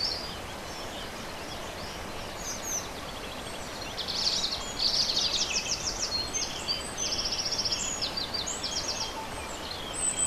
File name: rouge gorge chez le m 27 04 11